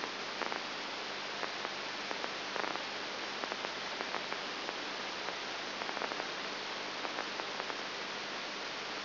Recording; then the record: brain microelectrode recording played as sound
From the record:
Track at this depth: inside the subthalamic nucleus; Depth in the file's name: 1.105 mm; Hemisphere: left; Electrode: 3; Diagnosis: Parkinson's disease